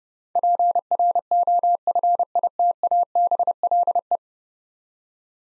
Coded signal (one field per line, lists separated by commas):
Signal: Morse code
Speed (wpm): 30 wpm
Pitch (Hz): 700 Hz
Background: none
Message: PROFITABLE